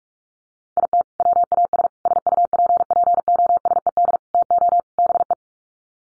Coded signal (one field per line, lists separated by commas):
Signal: Morse code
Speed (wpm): 44 wpm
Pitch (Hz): 700 Hz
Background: none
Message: IT WAS SUPPOSED TO BE